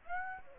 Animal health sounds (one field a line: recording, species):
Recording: mosquito wingbeat signal from an infrared sensor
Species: Aedes aegypti